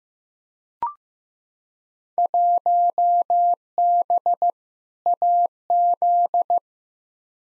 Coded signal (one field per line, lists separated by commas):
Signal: Morse code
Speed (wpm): 15 wpm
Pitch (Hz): 700 Hz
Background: none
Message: 1B AZ